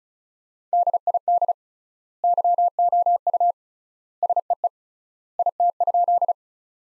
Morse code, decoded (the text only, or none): DID YOU SEE IT?